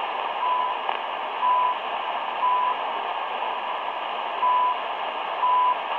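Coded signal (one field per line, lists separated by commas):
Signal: radio time signal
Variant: CHU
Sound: five short 1 kHz ticks one second apart in static, one second skipped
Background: radio static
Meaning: Each tick marks one second; an omitted tick is a standard CHU second marker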